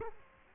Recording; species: mosquito wingbeat signal from an infrared sensor; Culex quinquefasciatus